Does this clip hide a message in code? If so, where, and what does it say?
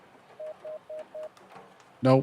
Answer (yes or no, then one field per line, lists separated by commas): no